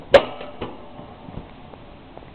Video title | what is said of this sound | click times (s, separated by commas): how to build a (here and there) hamster cage [part 1] | until you hear a snap | 0.2 s